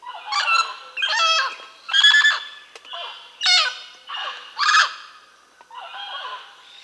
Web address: Natures Songs S America Birds of the Amazon Mealy Parrot (Amazona farinosa), Peru, Bolivia